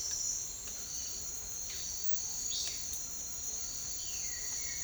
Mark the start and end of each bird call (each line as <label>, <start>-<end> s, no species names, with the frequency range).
bird call (2.4-6.1 kHz), 2.44-2.86 s
bird call (1.2-3.8 kHz), 3.96-4.83 s